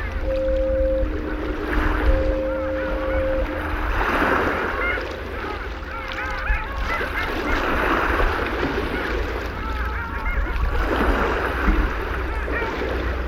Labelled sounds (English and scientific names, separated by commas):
Long-tailed Duck (Clangula hyemalis) call